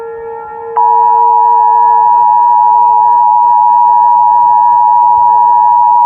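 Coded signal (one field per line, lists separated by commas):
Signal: Emergency Alert System (SAME) tones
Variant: 853 and 960 Hz attention tone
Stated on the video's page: Fictional EAS scenario of a tidal wave.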